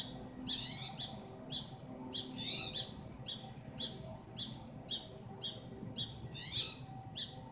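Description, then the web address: Spotted towhee repeating quick, raspy slurred calls at a brisk, fairly even pace, close to two per second, over a soft low hum. "2012 10 spotted-towhee"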